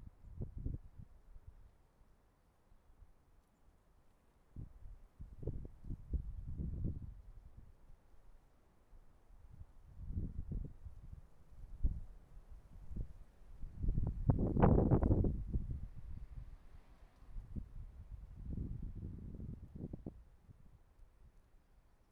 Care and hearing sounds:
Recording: everyday scene through a hearing-aid microphone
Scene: wind on the microphone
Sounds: wind, traffic, birds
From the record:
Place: suburban garden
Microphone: behind the ear, right, rear

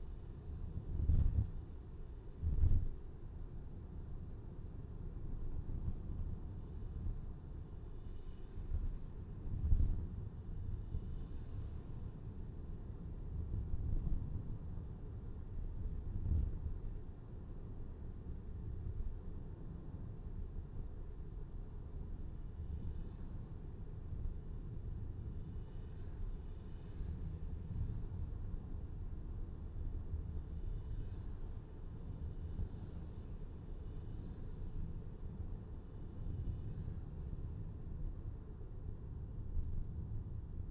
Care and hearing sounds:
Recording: everyday scene through a hearing-aid microphone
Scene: in a vehicle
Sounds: engine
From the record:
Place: VW T5 Caravelle, diesel engine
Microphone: in the ear canal, left

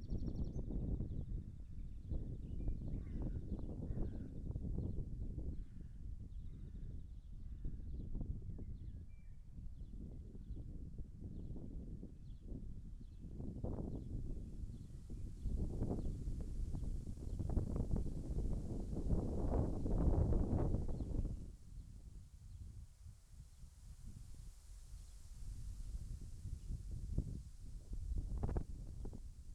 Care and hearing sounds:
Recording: everyday scene through a hearing-aid microphone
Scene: wind on the microphone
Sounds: wind, birds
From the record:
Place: in front of a rural house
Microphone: behind the ear, left, rear

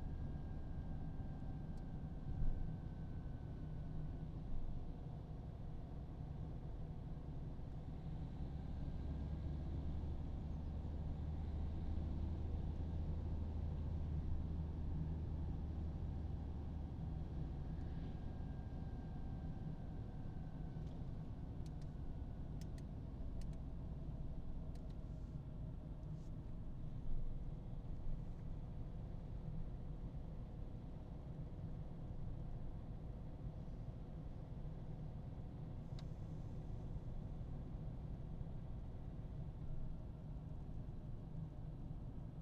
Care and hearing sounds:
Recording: everyday scene through a hearing-aid microphone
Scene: in a vehicle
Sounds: engine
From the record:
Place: Berlingo II, diesel engine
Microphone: in the ear canal, right

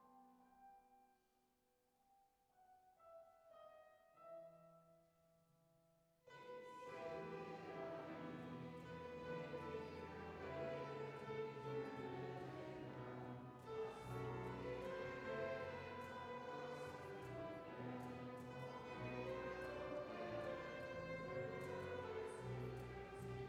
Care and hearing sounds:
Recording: everyday scene through a hearing-aid microphone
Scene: reverberant space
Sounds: music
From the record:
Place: church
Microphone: behind the ear, right, front

